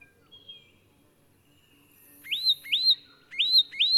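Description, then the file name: Leaden flycatcher: after a faint thin note and a quiet stretch, four loud upslurred whistles follow in two pairs, each sweeping up sharply to a clear tone. "Myiagra Rubecula"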